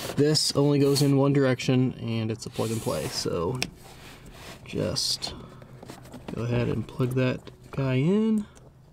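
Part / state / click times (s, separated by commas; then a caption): speaker wire connector into speaker terminal / not seated / none. Someone talks while handling a speaker wire connector that goes into a new BavSound speaker terminal during a speaker upgrade on a BMW E90 335i, with soft rubbing and two faint ticks around 5.6 s and 5.8 s. The connector has not yet snapped into place; nothing has seated or clicked yet.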